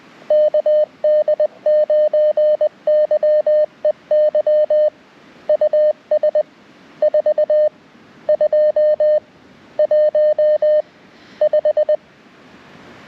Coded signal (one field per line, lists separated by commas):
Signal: Morse code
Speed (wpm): 23 wpm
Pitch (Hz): 610 Hz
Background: none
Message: KD9YEY US 4215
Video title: First Time CQ on CW!